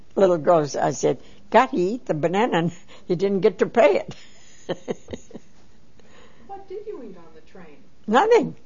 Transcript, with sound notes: Little girl, I said, "Got to eat the banana and didn't get to pay it." ( she laughs )
What did you eat on the train?
Nothing,